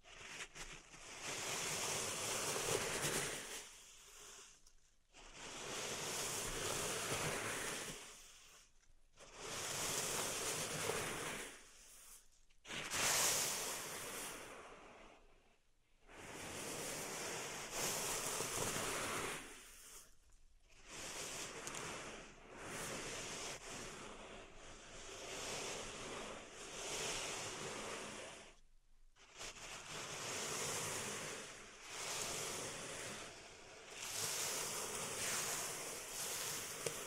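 Pink salt in a zen garden is raked in long, dense, hissy strokes, each lasting a few seconds and separated by short silences. The grainy sweeps swell and fade like washing surf, coming roughly every four to five seconds throughout.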